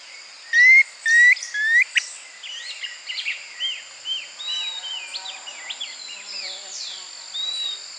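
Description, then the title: Planalto tyrannulet giving three loud rising whistles at the start, followed by a busy chatter of softer chirps and twitters over constant high insect noise. Subspecies brevirostris. "LuckyPassaro Completos2Sama. Planalto Tyrannulet (Phyllomyias fasciatus brevirostris)"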